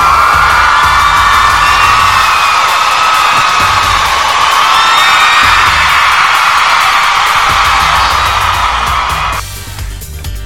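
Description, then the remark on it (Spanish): A loud crowd ovation of sustained cheering, whooping and high-pitched shouts, holding steady for about nine seconds before tapering off abruptly at the end. “Yes, eso es una ovación.”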